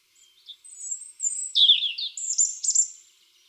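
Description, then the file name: European robin singing one varied phrase of high, thin whistled notes that drop into a quick warbling twitter and end in bright, piercing notes. "Erithacus rubecula"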